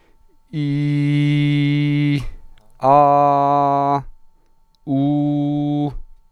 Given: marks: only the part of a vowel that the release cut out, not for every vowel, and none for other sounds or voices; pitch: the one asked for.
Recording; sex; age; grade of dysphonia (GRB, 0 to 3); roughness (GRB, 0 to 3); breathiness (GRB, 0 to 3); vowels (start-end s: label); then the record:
sustained vowels; male; 40 to 49 years; 0; 0; 0
0.65-2.09 s: vowel /i/, high pitch
2.92-3.91 s: vowel /a/, high pitch
4.96-5.82 s: vowel /u/, high pitch
From the record:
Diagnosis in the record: healthy voice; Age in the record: 44 years